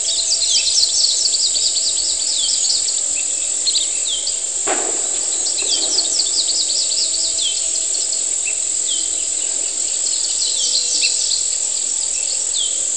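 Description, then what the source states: Cicada song as a constant piercing drone, with repeated bird chirps and slurred notes and one sharp bang near five seconds. Humid morning on the outskirts of San Cristóbal de Las Casas, Chiapas, May 2021.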